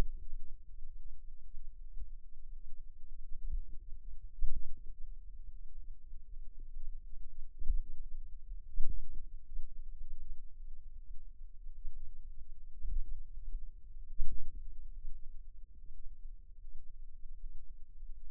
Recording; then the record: forearm muscle sounds (acoustic myography)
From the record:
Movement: finger pinch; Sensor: system 2, bracelet of six BSWA MPA416 microphones around the upper forearm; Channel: 6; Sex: female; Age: 23 years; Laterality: right